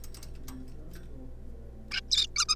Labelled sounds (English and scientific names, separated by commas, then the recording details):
Zebra Finch (Taeniopygia guttata)
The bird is a juvenile
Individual R3549